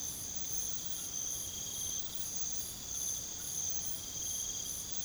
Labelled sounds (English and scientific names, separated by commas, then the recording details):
none
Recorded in pastures near Puerto Asís, Putumayo, Colombia, on 8 March 2025 at 01:30
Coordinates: 0.486, -76.323
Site G075